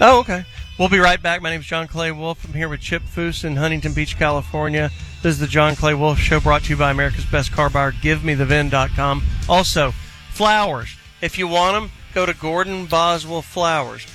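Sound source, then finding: Adult male speaker. Normal speech.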